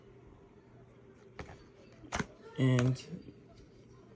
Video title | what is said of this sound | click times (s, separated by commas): Glock pistol braces made with a 3D pen printer | I call this brace the Venom it just pops right in there | 1.4 s, 2.2 s